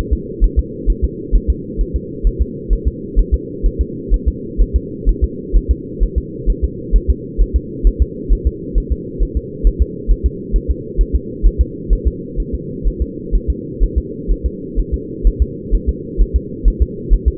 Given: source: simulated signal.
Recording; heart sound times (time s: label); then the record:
fetal heart sounds
0.13 s: S2
0.44 s: S1
0.59 s: S2
0.90 s: S1
1.04 s: S2
1.36 s: S1
1.50 s: S2
1.81 s: S1
1.96 s: S2
2.27 s: S1
2.42 s: S2
2.73 s: S1
2.88 s: S2
3.19 s: S1
3.34 s: S2
3.66 s: S1
3.81 s: S2
4.14 s: S1
4.28 s: S2
4.61 s: S1
4.76 s: S2
5.09 s: S1
5.24 s: S2
5.57 s: S1
5.71 s: S2
6.03 s: S1
6.18 s: S2
6.50 s: S1
6.64 s: S2
6.96 s: S1
7.10 s: S2
7.41 s: S1
7.56 s: S2
7.87 s: S1
8.02 s: S2
8.33 s: S1
8.47 s: S2
8.78 s: S1
8.92 s: S2
9.23 s: S1
9.37 s: S2
9.67 s: S1
9.82 s: S2
10.11 s: S1
10.26 s: S2
10.56 s: S1
10.71 s: S2
11.01 s: S1
11.16 s: S2
11.46 s: S1
11.61 s: S2
11.93 s: S1
12.08 s: S2
12.40 s: S1
12.55 s: S2
12.88 s: S1
13.02 s: S2
13.35 s: S1
13.50 s: S2
13.83 s: S1
13.98 s: S2
14.32 s: S1
14.46 s: S2
14.80 s: S1
14.94 s: S2
15.27 s: S1
15.42 s: S2
15.75 s: S1
15.89 s: S2
16.22 s: S1
16.36 s: S2
16.68 s: S1
16.82 s: S2
17.13 s: S1
17.28 s: S2
From the record:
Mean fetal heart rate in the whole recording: 130 bpm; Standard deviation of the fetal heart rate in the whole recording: 2 bpm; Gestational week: 36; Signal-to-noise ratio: -4.1 dB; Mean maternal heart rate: no maternal heart sound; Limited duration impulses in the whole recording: absent